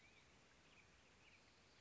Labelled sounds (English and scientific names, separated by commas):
Black-headed Grosbeak (Pheucticus melanocephalus)